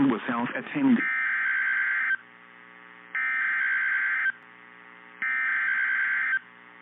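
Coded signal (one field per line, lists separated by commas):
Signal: Emergency Alert System (SAME) tones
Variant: header bursts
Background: speech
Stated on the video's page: Severe thunderstorm warning on NOAA Weather Radio station KEC76 Denver.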